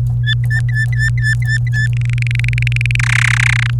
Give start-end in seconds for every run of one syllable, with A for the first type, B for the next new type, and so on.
0.24-1.87 A, 1.93-2.96 B, 2.99-3.70 C